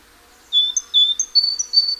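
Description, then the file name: Great tit song, a quick string of bright two-note phrases alternating a high thin note with a lower clear whistle, starting after half a second of quiet. "Parus major"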